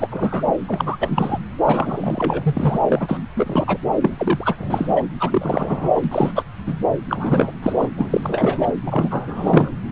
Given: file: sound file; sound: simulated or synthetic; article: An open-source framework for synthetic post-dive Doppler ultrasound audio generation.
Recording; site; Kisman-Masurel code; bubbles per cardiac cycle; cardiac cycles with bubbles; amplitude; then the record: Doppler ultrasound audio after a dive; subclavian; 343; rolling drumbeat, over 9; 100%; loud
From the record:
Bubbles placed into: full cardiac cycles